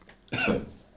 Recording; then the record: coughing mixed with background sound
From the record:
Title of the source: Spring Cold Coughing.